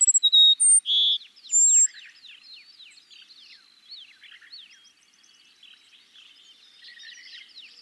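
Cassin's sparrow: brief bright whistled notes with a short trill at the start, followed by many faint rising and falling chirps.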